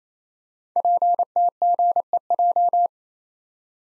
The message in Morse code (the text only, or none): PTGEJ